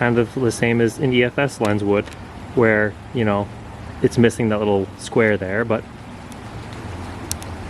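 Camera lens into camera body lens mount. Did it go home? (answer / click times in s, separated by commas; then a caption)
yes / 7.3 s. A modified Canon 10-18 EF-S lens, its rear ground down with a Dremel and sandpaper, is twisted into a full-frame camera's lens mount while someone talks. After the talking stops, a sharp click at 7.3 s marks the lock engaging and the lens seating in the mount.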